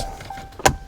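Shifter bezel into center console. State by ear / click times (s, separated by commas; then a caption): seated / 0.7 s. A plastic shifter PRNDL bezel on a 2015-2018 Jeep Cherokee is pressed down into the center console trim. After a quiet, low background hum, a single sharp, bright snap rings out at 0.7 s as the bezel clips into place, seated.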